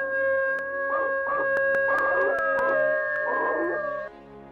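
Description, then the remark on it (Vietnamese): A monstrous dog-man zombie lets out a long, eerie howl, its sustained wavering tones rising and holding in several drawn-out cries, with sharp clicks and knocks scattered through the sound for over four seconds. “Nó đứng đó và rú lên từng tiếng ghê rợn.”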